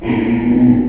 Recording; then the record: squeal of a Yucatan mini pig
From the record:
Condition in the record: after surgery on the right vocal fold (resection and tissue-engineered implant); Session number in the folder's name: 2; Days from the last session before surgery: 13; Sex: male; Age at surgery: 12 weeks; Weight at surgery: 13 kg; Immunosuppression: cyclosporine, prednisolone